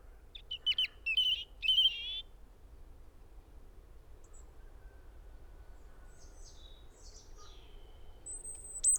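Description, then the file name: European robin song, an opening cluster of quick, tinkling high notes and warbles, followed by softer thin whistles and sliding phrases over a low background hiss. "Erithacus rubecula"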